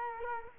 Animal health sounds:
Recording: mosquito wingbeat signal from an infrared sensor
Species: Culex quinquefasciatus

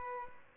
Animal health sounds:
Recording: mosquito wingbeat signal from an infrared sensor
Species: Aedes albopictus

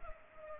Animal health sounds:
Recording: mosquito wingbeat signal from an infrared sensor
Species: Culex pipiens

